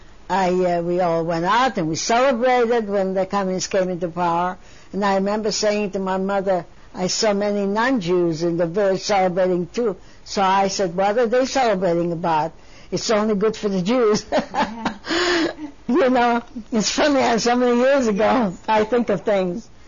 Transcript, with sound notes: we all went out and we celebrated when the Communists came into power and I remember saying to my mother--so many Non-Jews in the village celebrating, too--so I said, "What are they celebrating about? It's only good news for the Jews." (She laughs.) You know, it's funny, it was so many years ago. I think of things.